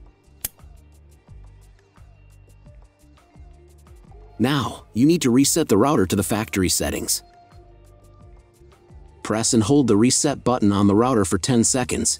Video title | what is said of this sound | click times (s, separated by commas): ✅ How to Set Up NETGEAR Nighthawk R9000 - NETGEAR Nighthawk X10 AD7200 Smart WiFi Router | each cable should be inserted until it clicks | 0.4 s